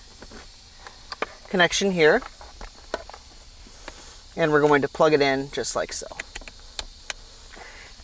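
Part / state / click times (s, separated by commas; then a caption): USB hub cable connector into the hub wiring adapter socket / seated / 6.8 s, 7.1 s. A new USB hub's cable connector is pushed into the plastic wiring adapter socket behind the dash trim during a Ford Fiesta Sync 2 to Sync 3 upgrade, while someone talks. Light handling ticks are heard before two sharp clicks at 6.8 s and 7.1 s as the connector seats firmly in place.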